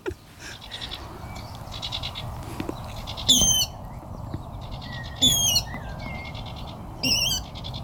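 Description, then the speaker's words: Water rail giving loud harsh squeals, three sharp descending shrieks spaced about two seconds apart over rapid pulsing calls and a steady low background hiss. Calls often, loudly and harshly, with a broad repertoire; here sounds somewhat like a pig. "Nej, det låter som en vattenrall."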